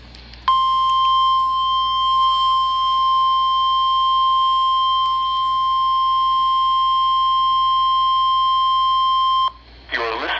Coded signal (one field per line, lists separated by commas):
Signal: Emergency Alert System (SAME) tones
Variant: 1050 Hz attention tone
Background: speech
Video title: RWT (EAS 71)